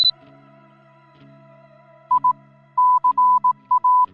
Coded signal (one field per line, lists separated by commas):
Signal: Morse code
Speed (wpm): 18 wpm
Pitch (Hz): 1000 Hz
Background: music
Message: I CA